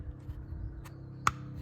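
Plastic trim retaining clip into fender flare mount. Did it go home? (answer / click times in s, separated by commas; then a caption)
yes / 1.3 s. A plastic fender trim retaining clip is slid back into its mounting spot on a fender flare mount, part of a fender mod on a Chevy Silverado truck. After faint low rumble and a soft tick near 0.9 s, it snaps home with one sharp click at 1.3 s, seating the clip in place.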